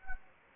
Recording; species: mosquito wingbeat signal from an infrared sensor; Anopheles arabiensis